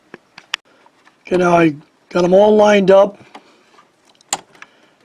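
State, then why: Seated. Refillable plastic ink cartridges of a Canon CIS for TS9120, TS8120 and TS8220 printers, lined up in the printer carriage, are pressed down and snap into place with a sharp click at 4.3 s, confirming they are seated. Someone talks in the middle of the clip, and a few light plastic ticks are heard near the start.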